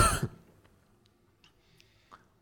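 One loud, short cough from an adult man into a microphone during a sermon, followed by near-silence with faint room noise.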